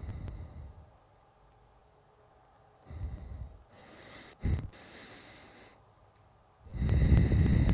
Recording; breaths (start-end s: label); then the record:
nose breathing near a microphone
0.00-0.83 s: exhalation
2.71-3.59 s: exhalation
3.59-4.26 s: inhalation
4.26-4.54 s: exhalation
4.54-5.84 s: inhalation
6.70-7.74 s: exhalation
From the record:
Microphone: phone